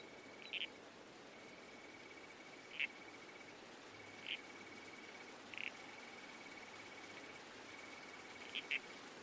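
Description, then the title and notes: Red-crowned toadlet giving short, harsh squelching calls spaced every one to three seconds, over a soft hiss and a faint thin steady insect tone. Nocturnal bush soundscape by a creek. "Red-Crowned Toadlet. Nocturnal Worlds"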